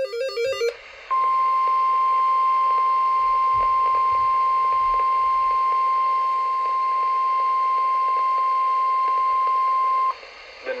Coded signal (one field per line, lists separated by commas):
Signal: Emergency Alert System (SAME) tones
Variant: 1050 Hz attention tone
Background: music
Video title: EAS #745 & #746 Severe Thunderstorm Warnings